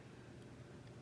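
A metal sub-ohm vape coil for a Vaporesso Gen kit with Axon chip is handled at the tank base thread, turned backwards so the thread start can drop in with a click before it is screwed in, which shows the coil is threaded correctly. Only a steady low rumble with faint ticking is heard across the one-second clip. Nothing has seated or clicked yet.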